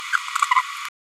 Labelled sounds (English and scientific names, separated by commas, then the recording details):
Green-rumped Parrotlet (Forpus passerinus) babbling
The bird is a female
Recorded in a nest box in Venezuela
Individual 17B102A5